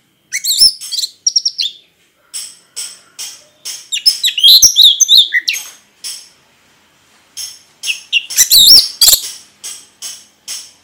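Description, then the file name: Orange-headed thrush singing rich, rapid, varied phrases of sharp notes and trills in repeated bursts, with short silent gaps between them. Singing in the ngeplong style, described as gacor. "anis merah gacor ngeplong"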